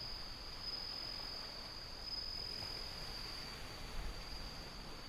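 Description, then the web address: Bell cricket song, a thin high ringing tone with two brighter bursts, half buried under constant rushing wind and wave noise. Windy, with ocean sound. "windy scape osean sound suzumushi"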